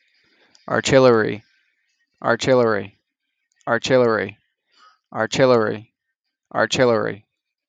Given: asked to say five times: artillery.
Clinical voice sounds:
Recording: repeated word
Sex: male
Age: 20 to 29 years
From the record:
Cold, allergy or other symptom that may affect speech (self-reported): no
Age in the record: 25 years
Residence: Maryland, United States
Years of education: 12

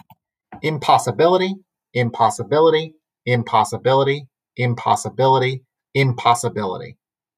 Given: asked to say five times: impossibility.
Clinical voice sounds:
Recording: repeated word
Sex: male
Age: 30 to 39 years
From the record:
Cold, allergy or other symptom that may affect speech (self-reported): no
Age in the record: 37 years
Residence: Massachusetts, United States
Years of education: 16

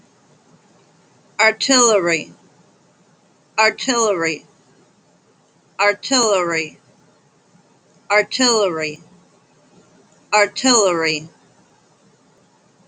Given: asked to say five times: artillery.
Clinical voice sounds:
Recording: repeated word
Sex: female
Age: 40 to 49 years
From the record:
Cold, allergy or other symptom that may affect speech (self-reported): no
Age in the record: 40 years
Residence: New York, United States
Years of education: 12

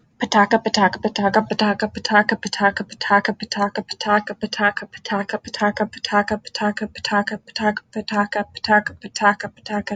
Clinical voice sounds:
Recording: repeated syllables /pa ta ka/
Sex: female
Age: 20 to 29 years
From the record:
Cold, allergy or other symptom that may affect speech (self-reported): no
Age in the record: 27 years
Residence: Michigan, United States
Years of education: 16

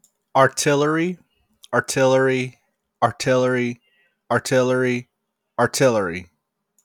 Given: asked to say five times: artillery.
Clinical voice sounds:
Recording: repeated word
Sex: male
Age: 30 to 39 years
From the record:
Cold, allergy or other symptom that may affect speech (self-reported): no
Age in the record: 30 years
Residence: Nevada, United States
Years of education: 12

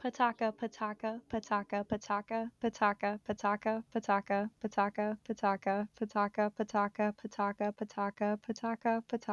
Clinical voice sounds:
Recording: repeated syllables /pa ta ka/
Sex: female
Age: 20 to 29 years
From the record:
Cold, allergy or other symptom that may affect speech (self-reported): no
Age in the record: 21 years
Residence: New Jersey, United States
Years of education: 15

